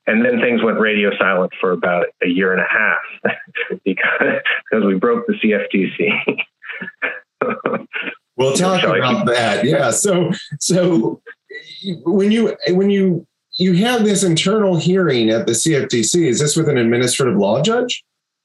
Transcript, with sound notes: And then things went radio silent for about a year and a half because we broke the CFTC [laughs].
Well, tell us about that. Yeah. So you have this internal hearing at the CFTC. Is this with an administrative law judge?